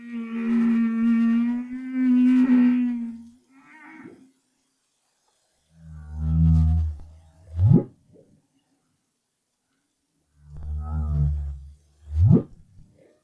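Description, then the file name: Humpback whale song, a long harmonic moan followed twice by a low grunting unit ending in a steep rising whoop, repeated about every four and a half seconds. Recorded in 2011. "BRAHSS Whale Song"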